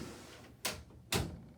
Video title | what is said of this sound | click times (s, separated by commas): How to price out a kitchen 101 | hear it click? | 0.6 s, 1.1 s